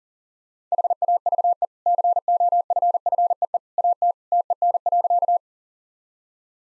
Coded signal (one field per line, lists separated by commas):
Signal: Morse code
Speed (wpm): 40 wpm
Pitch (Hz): 700 Hz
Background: none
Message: HAVE COFFEE AT TEN.